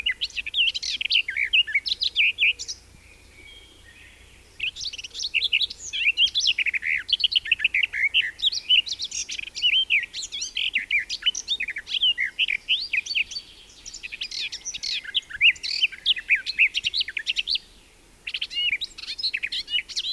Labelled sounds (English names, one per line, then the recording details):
Garden Warbler song
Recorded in the wild
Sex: male
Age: adult
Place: Erlangen, Bayern, DE
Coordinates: 49.5644, 11.0131
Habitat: forest
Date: 1963-05-31
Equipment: Nagra, AKG D19/200, Parabol, Original, Vollspur
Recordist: Tretzel, Erwin
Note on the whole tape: Gartengrasmücke Ia: Brucker Lache, Ende Mai 1963, zum Sort. II (siehe Datenbank-Feld "Anmerkungen")